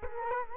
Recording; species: mosquito wingbeat signal from an infrared sensor; Culex quinquefasciatus